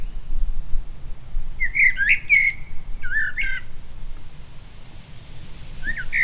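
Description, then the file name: Common blackbird song: a fluty warbled phrase followed quickly by a shorter one, both finished with thin, squeaky notes, then a brief fragment at the end, low rumble beneath. "Turdus merula"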